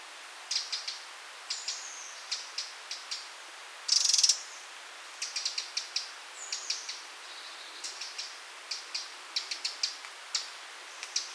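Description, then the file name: Eurasian wren ticking repeatedly with clipped, high notes in loose groups, broken by a single short churring rattle around the fourth second. "Troglodytes troglodytes"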